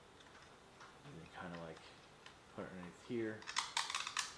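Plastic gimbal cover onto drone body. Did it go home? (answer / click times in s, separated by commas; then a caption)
no / none. Someone talks while gripping the plastic gimbal protective cover of a Tucok 012S drone from the front, tucking it underneath and pressing it back onto the drone body. Light plastic handling is heard, with a cluster of sharp taps and rattles near the end. The cover has not snapped into place or seated yet.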